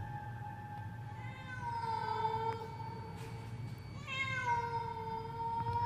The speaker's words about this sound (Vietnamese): Thấy ông ngoại không đuổi kịp, nó thậm chí còn đứng lại, kêu lên mấy tiếng meo meo như là mời gọi.